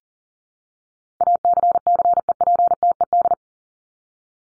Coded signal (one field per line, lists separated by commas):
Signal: Morse code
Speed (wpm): 40 wpm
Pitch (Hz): 700 Hz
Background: none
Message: ACCEPTED